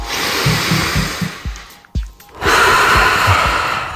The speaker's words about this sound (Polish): Lubię oddychać całą klatką piersiową.